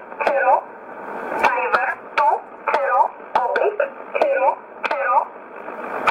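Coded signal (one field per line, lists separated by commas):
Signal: numbers station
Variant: E11 Oblique, English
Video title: 31 01 2019 E11 Oblique Numbers station in English 1531 on 5082 unknown tx site in USB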